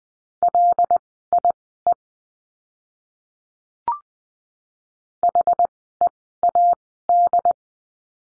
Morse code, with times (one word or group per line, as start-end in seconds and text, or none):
0.4-1.9 LIE
5.2-7.5 HEAD